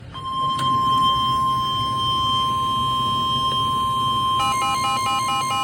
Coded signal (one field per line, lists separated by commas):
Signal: Emergency Alert System (SAME) tones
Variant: 1050 Hz attention tone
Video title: EAS #42 (SVR)